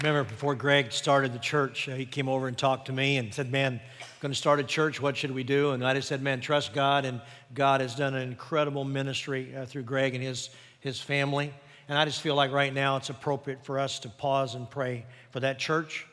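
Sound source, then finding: Adult male speaker. Typical speech.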